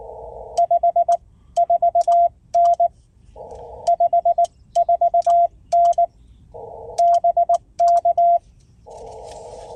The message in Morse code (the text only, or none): 54N 54N BK